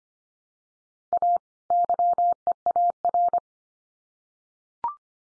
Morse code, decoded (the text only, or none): A YEAR